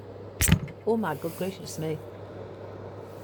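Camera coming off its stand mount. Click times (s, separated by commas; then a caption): 0.5 s. A camera is taken off a new stand whose mechanism is unfamiliar, and it releases from the stand mount. A single sharp click is heard at 0.5 s. Someone then talks.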